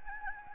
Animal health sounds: mosquito wingbeat signal from an infrared sensor; Anopheles gambiae

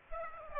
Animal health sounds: mosquito wingbeat signal from an infrared sensor; Aedes aegypti

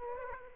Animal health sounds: mosquito wingbeat signal from an infrared sensor; Aedes aegypti

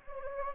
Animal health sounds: mosquito wingbeat signal from an infrared sensor; Anopheles gambiae

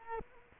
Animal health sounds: mosquito wingbeat signal from an infrared sensor; Culex quinquefasciatus

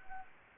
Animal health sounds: mosquito wingbeat signal from an infrared sensor; Anopheles gambiae

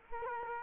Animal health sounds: mosquito wingbeat signal from an infrared sensor; Culex quinquefasciatus

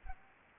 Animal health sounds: mosquito wingbeat signal from an infrared sensor; Aedes aegypti

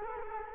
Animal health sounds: mosquito wingbeat signal from an infrared sensor; Culex quinquefasciatus

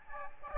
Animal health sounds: mosquito wingbeat signal from an infrared sensor; Aedes albopictus

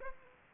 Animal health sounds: mosquito wingbeat signal from an infrared sensor; Aedes aegypti

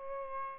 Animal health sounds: mosquito wingbeat signal from an infrared sensor; Aedes albopictus

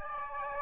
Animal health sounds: mosquito wingbeat signal from an infrared sensor; Aedes aegypti

